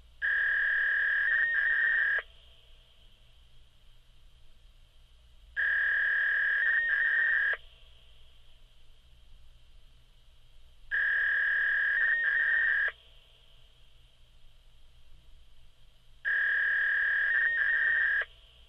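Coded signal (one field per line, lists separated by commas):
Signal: fax machine handshake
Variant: V.21 300-baud control frames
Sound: four repeated two-second bursts of warbling, chirpy fax tones with gaps of silence between them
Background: low hum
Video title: Fax Data Tone Sound Effect Free Download MP3 | Pure Sound Effect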